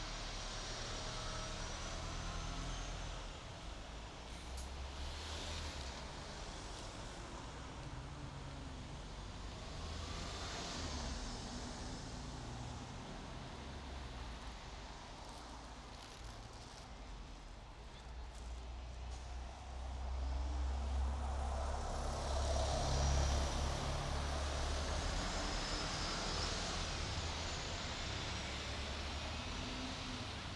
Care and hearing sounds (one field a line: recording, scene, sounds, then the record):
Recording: everyday scene through a hearing-aid microphone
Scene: in traffic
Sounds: traffic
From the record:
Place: bus stop on a city main road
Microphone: in the ear canal, right